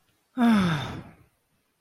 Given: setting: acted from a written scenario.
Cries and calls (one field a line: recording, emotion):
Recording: vocal sound without words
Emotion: contentment